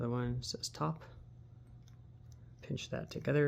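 Someone talks while the two halves of a plastic shelf-support sleeve clip are pinched together around the metal post of a Brightroom 3-tier metal utility cart from Target. Between the speech there is a quiet stretch with faint ticks at about 1.9 and 2.3 seconds. Nothing has seated or snapped home yet.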